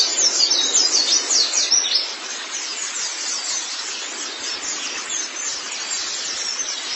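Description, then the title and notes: White-eye song: dense, rapid high chirps and twitters, loudest in the first two seconds, then softer continuous chatter over a steady hiss. "Kicauan Burung Pleci Durasi Panjang. Suara kicauan burung pleci"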